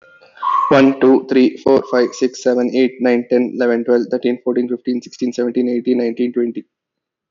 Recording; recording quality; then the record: counting at a fast pace; excellent, no background noise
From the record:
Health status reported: healthy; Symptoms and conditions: none ticked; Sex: male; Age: 30 years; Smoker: yes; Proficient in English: yes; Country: India